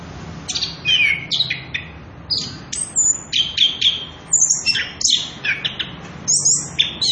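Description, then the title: Orange-headed thrush song with loud, clear, high whistled phrases in quick succession, some sliding up or down, separated by brief pauses, over a low hum. Recording used as a lure and master song for training young birds; continuous rolling song ('ngerol'), very loud. "Anis Kembang Gacor. pancingan anis kembang ngerol edan volume dasyattt cocok buat masteran trotolan"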